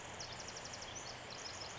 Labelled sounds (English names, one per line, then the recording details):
Pacific Wren
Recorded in Sonoma County, California